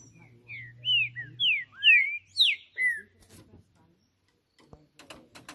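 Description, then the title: Green-winged saltator song: a run of loud, rich whistled phrases, slurred up and down, about six notes in two and a half seconds, followed by soft clicks and background noise. Singing on a roof during a song contest against a rival, described as chirping, singing and displaying male aggression. "Trinca Ferro CANTANDO MUITO de CARA em CIMA do TELHADO! Disputa INSANA!! TRINCA JUSTICEIRO & FBI"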